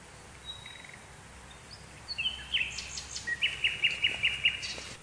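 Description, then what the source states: Birds singing: thin whistles at first, then a series of bright chirped notes repeated several times per second over background hiss. Birds singing in the morning.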